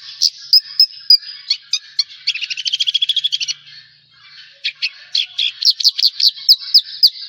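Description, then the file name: Javan bush lark song: high clipped notes, then a fast even rattle-like series of notes, a brief pause, and a new run of quick chirps. "suara burung branjangan jawa"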